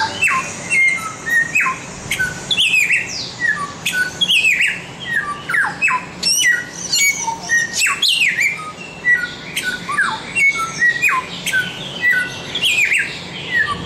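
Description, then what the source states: Samyong song, a dense run of varied whistles, swooping slurred notes and harsh squawks, phrases tumbling almost continuously with short gaps. Masteran recording, meaning a training recording for songbirds.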